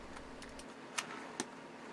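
A plastic model train car from a Bachmann set, The General, is rolled back and forth along a re-railer track section, with soft rolling taps near 0.4 and 0.6 seconds. Its wheels drop onto the rails with sharp clicks at 1.0 and 1.4 seconds, and the car is seated on the track.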